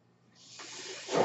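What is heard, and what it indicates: A soft, airy hiss builds steadily over about a second and swells loudest at the end, with no voice. This is the airflow of a home mechanical ventilator delivering a breath: machine noise rather than a sound from the body.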